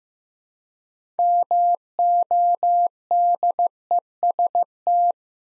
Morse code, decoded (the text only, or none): MODEST